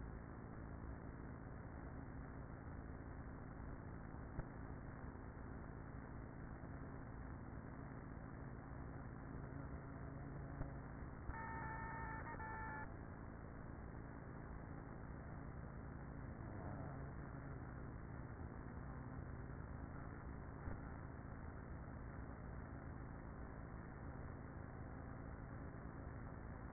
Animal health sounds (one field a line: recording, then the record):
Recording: honeybee colony, microphone inside the hive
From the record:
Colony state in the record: queenless with a low population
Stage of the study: after two queens were removed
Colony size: about 30,000 bees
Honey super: no